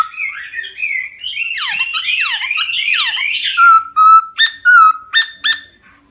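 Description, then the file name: Laughingthrush song: rich, varied whistled phrases with harsh buzzy notes, then a run of short clear whistles near the end. Song described as 'giong rung', wild voice style. "Tieng khuou hot giong rung"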